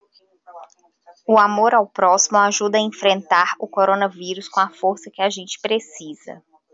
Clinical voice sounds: spoken sentence; Brazilian Portuguese; female; 30 to 39 years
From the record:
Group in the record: control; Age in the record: 35 years

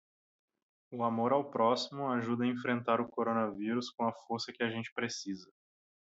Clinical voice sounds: spoken sentence; Brazilian Portuguese; male; 20 to 29 years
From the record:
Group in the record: control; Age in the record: 26 years

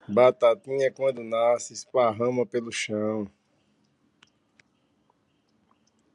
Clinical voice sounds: short text; Brazilian Portuguese; male; 40 to 49 years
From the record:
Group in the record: control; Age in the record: 44 years

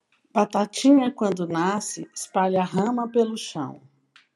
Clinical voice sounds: short text; Brazilian Portuguese; female; 50 to 59 years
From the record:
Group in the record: control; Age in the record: 56 years

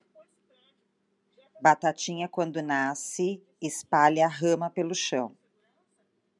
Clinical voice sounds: short text; Brazilian Portuguese; female; 40 to 49 years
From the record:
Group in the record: control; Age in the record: 49 years

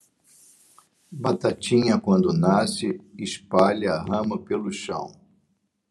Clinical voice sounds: short text; Brazilian Portuguese; male; 60 to 69 years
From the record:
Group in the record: control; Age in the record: 64 years

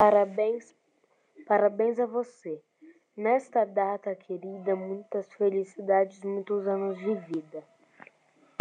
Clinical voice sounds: short text; Brazilian Portuguese; female; 40 to 49 years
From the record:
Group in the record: control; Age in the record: 46 years

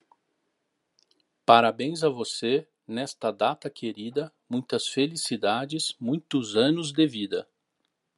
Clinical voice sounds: short text; Brazilian Portuguese; male; 40 to 49 years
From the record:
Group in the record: control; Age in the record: 45 years

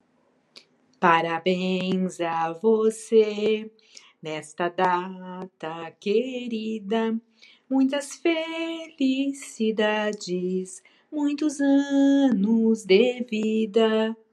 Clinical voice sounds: short text; Brazilian Portuguese; female; 50 to 59 years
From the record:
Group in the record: control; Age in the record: 53 years

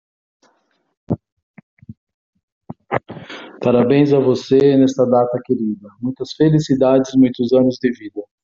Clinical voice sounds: short text; Brazilian Portuguese; male; 60 to 69 years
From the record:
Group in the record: control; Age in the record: 60 years

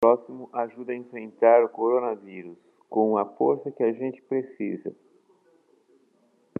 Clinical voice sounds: spoken sentence; Brazilian Portuguese; male; 60 to 69 years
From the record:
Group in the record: control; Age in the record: 60 years

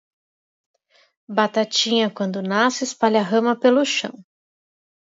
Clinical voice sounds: short text; Brazilian Portuguese; female; 40 to 49 years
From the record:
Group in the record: control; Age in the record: 48 years

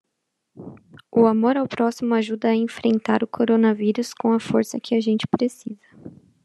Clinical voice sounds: spoken sentence; Brazilian Portuguese; female; 30 to 39 years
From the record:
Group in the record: control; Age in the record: 32 years

